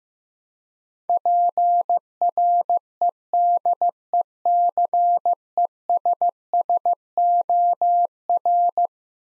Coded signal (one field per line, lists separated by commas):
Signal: Morse code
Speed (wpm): 15 wpm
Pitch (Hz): 700 Hz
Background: none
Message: PREDECESSOR